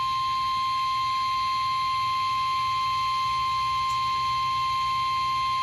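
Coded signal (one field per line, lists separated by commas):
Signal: Emergency Alert System (SAME) tones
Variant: 1050 Hz attention tone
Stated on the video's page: Real severe thunderstorm warning on NOAA Weather Radio from the Nashville National Weather Service office for middle Tennessee.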